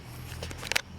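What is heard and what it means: An LED side mirror cover on a Honda Fit is pressed hard onto the mirror housing, which takes quite a bit of force, so its plastic clips snap in. Faint rustling and softer taps lead up to two sharp clicks at 0.7 and 0.8 seconds. The cover clips seat into the housing.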